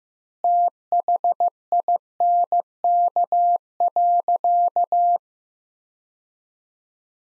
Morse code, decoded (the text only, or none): THINK.